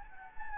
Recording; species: mosquito wingbeat signal from an infrared sensor; Anopheles gambiae